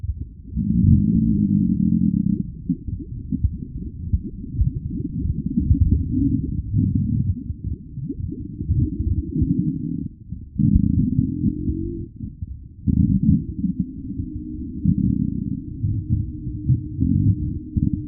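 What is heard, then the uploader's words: Gentle bubbling churns steadily, a dense, muffled burble of soft pops and gurgles sitting entirely in the low range. The flow runs almost without pause, dipping briefly around ten seconds and again near twelve and a half before resuming at the same level. Underwater Bubble Natural Sounds. Gentle, rhythmic bubbles.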